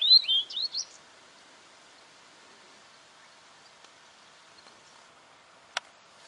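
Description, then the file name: Weebill song: a short burst of high, quick whistled notes twisting up and down, lasting about a second, followed by quiet background with a single sharp click. "canto do gerigono de bico curto"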